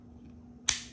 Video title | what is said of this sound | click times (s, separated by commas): GoPro Accessories That Are Actually Worth It 🎥 - Daily Vlog | దీన్ని ఇలా నొక్కితే టిక్ మన్ సౌండ్ వచ్చింది కదా అలా సౌండ్ వస్తే ఫిక్స్ అయిపోయినట్టుగోప్రో | 0.7 s